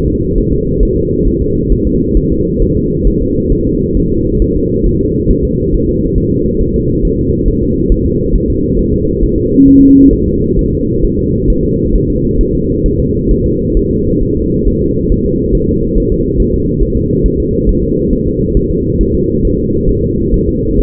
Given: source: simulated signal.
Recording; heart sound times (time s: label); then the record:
fetal heart sounds
0.08 s: S2
0.38 s: S1
0.52 s: S2
0.83 s: S1
0.97 s: S2
1.28 s: S1
1.42 s: S2
1.72 s: S1
1.87 s: S2
2.17 s: S1
2.32 s: S2
2.62 s: S1
2.77 s: S2
3.07 s: S1
3.22 s: S2
3.52 s: S1
3.67 s: S2
3.97 s: S1
4.12 s: S2
4.42 s: S1
4.56 s: S2
4.87 s: S1
5.01 s: S2
5.31 s: S1
5.45 s: S2
5.74 s: S1
5.89 s: S2
6.18 s: S1
6.32 s: S2
6.62 s: S1
6.76 s: S2
7.05 s: S1
7.19 s: S2
7.48 s: S1
7.63 s: S2
7.92 s: S1
8.06 s: S2
8.35 s: S1
8.50 s: S2
8.79 s: S1
8.94 s: S2
9.24 s: S1
9.38 s: S2
9.68 s: S1
9.83 s: S2
10.13 s: S1
10.28 s: S2
10.59 s: S1
10.73 s: S2
11.05 s: S1
11.19 s: S2
11.50 s: S1
11.65 s: S2
11.96 s: S1
12.10 s: S2
12.41 s: S1
12.55 s: S2
12.86 s: S1
13.00 s: S2
13.31 s: S1
13.46 s: S2
13.77 s: S1
13.91 s: S2
14.23 s: S1
14.37 s: S2
14.68 s: S1
14.82 s: S2
15.12 s: S1
15.26 s: S2
15.55 s: S1
15.69 s: S2
15.98 s: S1
16.12 s: S2
16.40 s: S1
16.54 s: S2
16.83 s: S1
16.97 s: S2
17.26 s: S1
17.40 s: S2
17.69 s: S1
17.84 s: S2
18.13 s: S1
18.27 s: S2
18.57 s: S1
18.71 s: S2
19.01 s: S1
19.15 s: S2
19.45 s: S1
19.59 s: S2
19.89 s: S1
20.04 s: S2
20.34 s: S1
20.49 s: S2
20.80 s: S1
From the record:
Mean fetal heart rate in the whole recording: 135 bpm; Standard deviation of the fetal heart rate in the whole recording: 3 bpm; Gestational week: 36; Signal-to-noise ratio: -14.7 dB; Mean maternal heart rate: 72 bpm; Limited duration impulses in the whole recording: present